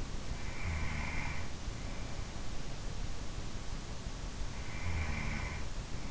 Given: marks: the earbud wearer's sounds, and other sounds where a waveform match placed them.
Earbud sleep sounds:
sounds in sleep by an in-ear microphone; breath
0.00-1.79 s: breath
4.09-5.83 s: breath

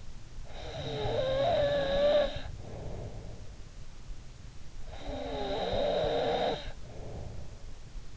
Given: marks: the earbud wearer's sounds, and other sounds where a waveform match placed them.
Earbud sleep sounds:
sounds in sleep by an in-ear microphone; snoring breath
0.00-4.00 s: snoring breath
4.26-7.86 s: snoring breath

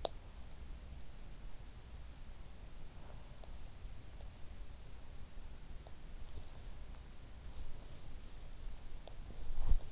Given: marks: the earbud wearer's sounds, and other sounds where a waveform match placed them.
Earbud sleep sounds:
sounds in sleep by an in-ear microphone; teeth grinding, body movement
0.00-0.19 s: teeth grinding
8.99-9.86 s: body movement

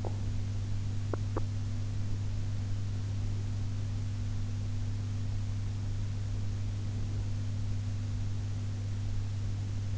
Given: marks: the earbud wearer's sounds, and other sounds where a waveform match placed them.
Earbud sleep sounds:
sounds in sleep by an in-ear microphone; teeth grinding
0.00-1.49 s: teeth grinding

